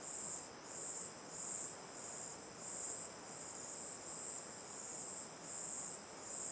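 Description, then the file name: Crickets keep up a piercing high trill that swells and fades in longer, slightly uneven pulses, with a continuous rushing river beneath. Night ambience facing the mouth of Terra Ronca 1 cave; crickets in chorus, river on the left; recorded with an A-B stereo microphone pair. "Ambiencia olhando para boca da caverna terra ronca 1 a noite, coro de cigarras e grilos, rio a esquerda, gravacao em ab"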